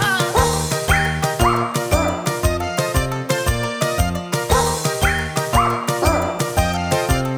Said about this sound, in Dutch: Oh nee, moet je luisteren wat er nou gebeurt. Er kwam ook nog een poedel bij. Die blafte toen de altpartij.